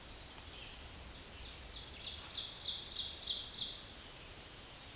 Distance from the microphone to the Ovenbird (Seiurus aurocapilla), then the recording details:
about 30 m. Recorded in a Pennsylvania forest on 17 May 2023 at 13:26. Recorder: AudioMoth, point grid1_6_low. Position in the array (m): 212 m, 18 m